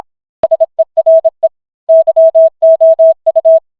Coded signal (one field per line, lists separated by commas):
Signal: Morse code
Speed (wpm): 26 wpm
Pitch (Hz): 650 Hz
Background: none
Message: SERE YOU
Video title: Family Guy in Morse Code 😂 #shorts #familyguy #memes #viral